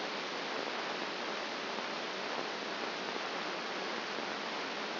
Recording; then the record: brain microelectrode recording played as sound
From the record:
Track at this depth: outside the subthalamic nucleus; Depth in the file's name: 5.501 mm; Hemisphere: left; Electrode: 2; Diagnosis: Parkinson's disease